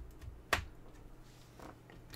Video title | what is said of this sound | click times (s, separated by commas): I Built a Laptop! (Actually a Pi-Top) with a Raspberry Pi | and yep didn't need any modifications or anything it just clicked right in | 0.5 s